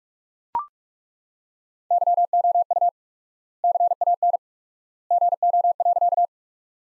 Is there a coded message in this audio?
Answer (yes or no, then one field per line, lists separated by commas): yes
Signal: Morse code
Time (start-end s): 1.9-6.3 s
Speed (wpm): 42 wpm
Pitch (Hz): 700 Hz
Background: none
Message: YOU CAN GO.